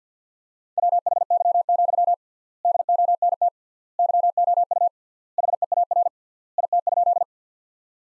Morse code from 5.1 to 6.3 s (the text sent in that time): HEAR